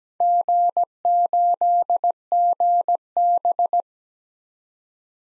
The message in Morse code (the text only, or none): G8GB